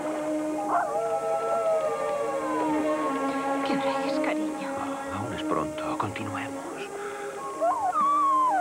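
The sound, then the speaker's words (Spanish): A dog howls in long, wavering tones that slide up and down in pitch, sustained for several seconds with a fresh rising howl near the end, over a busy mix of background sounds. “Perrito, tranquilo.”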